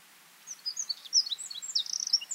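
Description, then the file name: Eurasian wren song fragment: rapid high squeaky notes and short trills tumbling together for about two seconds. "Troglodytes troglodytes"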